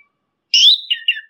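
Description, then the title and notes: Orange-headed thrush song: a single short phrase of clear whistled notes sliding between mid and high pitch, ending in two quick falling slurs; nothing else heard. Masteran (training) song. "punglor kembang. Masteran Anis Kembang"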